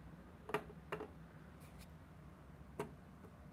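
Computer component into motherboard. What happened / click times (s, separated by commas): The component did not seat fully in the board / 0.5 s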